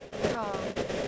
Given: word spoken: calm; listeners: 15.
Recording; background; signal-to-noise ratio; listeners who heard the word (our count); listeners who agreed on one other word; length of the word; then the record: one English word in noise, from a listening test; noise modulated by three-talker babble; -6.1 dB; 2 of 15; 10 of 15; 0.68 s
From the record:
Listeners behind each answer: 10, 2, 1, 1, 1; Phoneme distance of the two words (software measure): 7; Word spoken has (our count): 1 syllable, 3 phonemes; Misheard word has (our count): 1 syllable, 2 phonemes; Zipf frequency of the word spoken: 4.72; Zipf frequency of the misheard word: 5.44